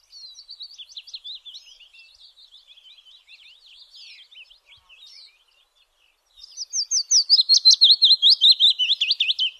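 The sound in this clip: Willow warbler song: two soft, sweet phrases of whistled notes that slide gently downward, the second louder and fuller after a short pause.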